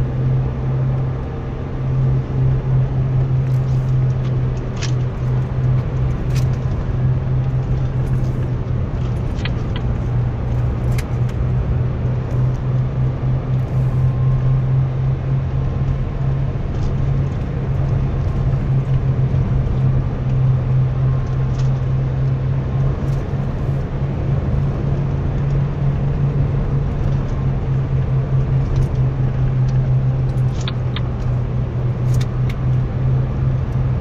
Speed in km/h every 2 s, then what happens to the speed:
82, 80, 78, 77, 78, 82, 87, 87, 88, 86, 88, 89, 87, 83, 79, 79, 87.
0-9 steady at about 78. 9-12 speeds up to 87. 12-22 steady at about 87. 22-30 slows to 79. 30-34 speeds up to 87.